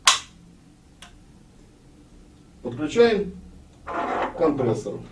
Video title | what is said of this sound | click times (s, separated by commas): Степлер пневматический "ЗУБР" арт.3192 | крышку магазина до щелчка | 0.1 s